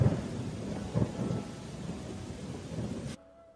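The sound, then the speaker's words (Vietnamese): Steady, dense rain hisses over low rumbling thunder, with heavier rolling booms near the start, then the storm cuts off abruptly into near silence. “Mưa tạnh, sấm sét ngừng.”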